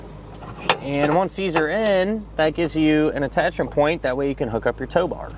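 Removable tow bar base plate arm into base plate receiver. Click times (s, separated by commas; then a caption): 0.7 s. The second steel removable tow arm of a Blue Ox base plate kit on a 2022 Jeep Grand Cherokee L is inserted into its base plate receiver and rotated about a quarter turn to lock. A sharp metallic hit at 0.7 s marks the arm locking into place, and it is seated. Someone talks afterward.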